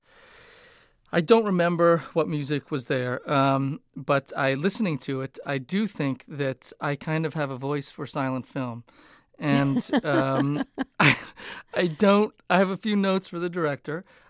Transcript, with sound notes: I don't remember what music was there, but I - listening to it, I do think that I kind of have a voice for silent film. And...
(Laughter)...
I don't - I have a few notes for the director.